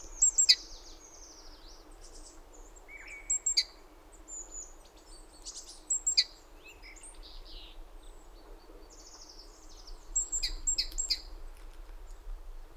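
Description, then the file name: Great tit calls: bursts of sharp, high notes scattered throughout among thin whistles and chirps from other birds, over a steady low background noise. "Parus major"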